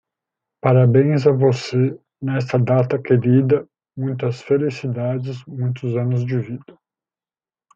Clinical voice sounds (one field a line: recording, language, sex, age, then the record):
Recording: short text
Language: Brazilian Portuguese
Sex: male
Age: 40 to 49 years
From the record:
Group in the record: control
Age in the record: 45 years